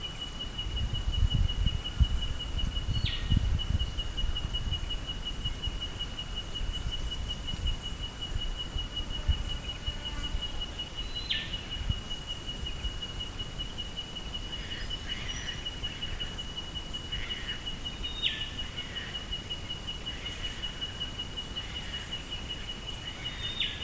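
Birdsong by the Isabella River: short, bright chirps and whistles come every few seconds, growing more frequent after the halfway point. A thin, steady high-pitched tone runs through the whole recording, over a constant low rumble that is heavier near the start.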